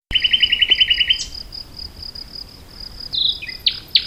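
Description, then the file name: Common nightingale delivering a fast series of repeated bright notes for about a second, a pause, then a few harsh chipped notes, with a high hum throughout. "Luscinia megarhynchos"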